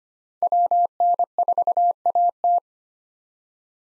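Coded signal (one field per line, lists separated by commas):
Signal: Morse code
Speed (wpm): 25 wpm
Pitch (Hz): 700 Hz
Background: none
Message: WN4AT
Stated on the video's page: Head-copy drill of common SOTA chaser call signs at 25 WPM, each sent, spoken, then sent again.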